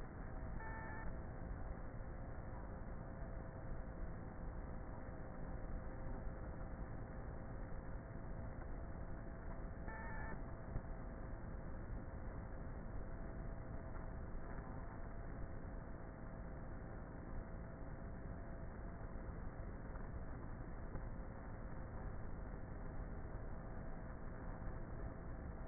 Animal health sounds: honeybee colony, microphone inside the hive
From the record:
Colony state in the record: queenless with a low population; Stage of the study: before two queens were removed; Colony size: about 30,000 bees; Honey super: no

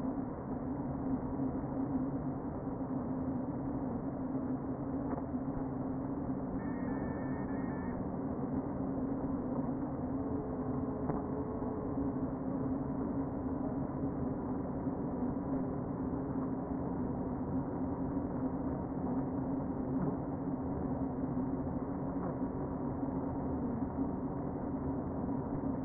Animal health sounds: honeybee colony, microphone inside the hive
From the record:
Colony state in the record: queen present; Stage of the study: before two queens were removed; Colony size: about 60,000 bees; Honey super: yes

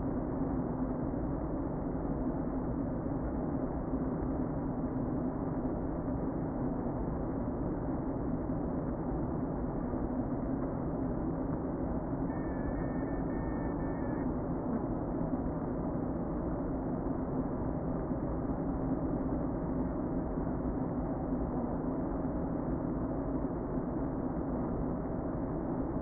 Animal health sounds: honeybee colony, microphone inside the hive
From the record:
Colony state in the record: queen present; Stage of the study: before two queens were removed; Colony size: about 60,000 bees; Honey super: yes

